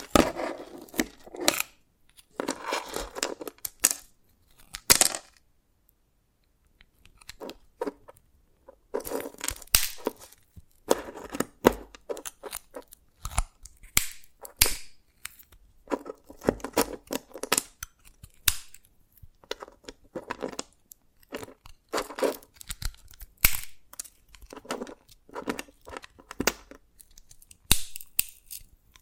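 Dalgona candy is tapped and cracked in sharp, irregular clicks and crunchy bursts, with brief pauses, notably a silent gap around five seconds.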